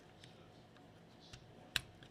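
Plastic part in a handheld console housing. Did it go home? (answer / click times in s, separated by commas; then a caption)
partly / 1.8 s. A plastic part is pressed into place in a handheld console housing during reassembly, with one sharp click at 1.8 s against a quiet background. The shell part seats only partly and does not click fully home, though it is judged good enough.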